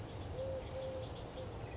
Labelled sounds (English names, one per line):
Eurasian Collared Dove